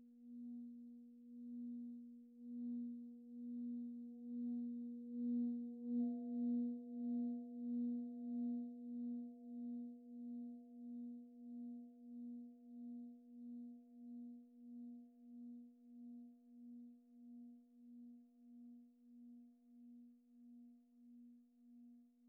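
An antique Tibetan singing bowl rings with a low, steady hum and a fainter higher tone above it. The sound pulses in a slow, even wobble, swelling to its loudest around six seconds, then gradually fading over the remaining twenty seconds.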